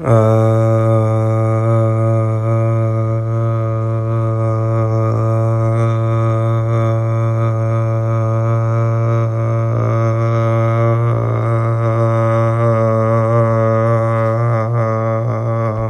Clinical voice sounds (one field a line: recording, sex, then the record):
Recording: sustained vowel /a/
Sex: male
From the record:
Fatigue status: no fatigue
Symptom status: symptomatic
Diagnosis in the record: COVID-19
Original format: m4a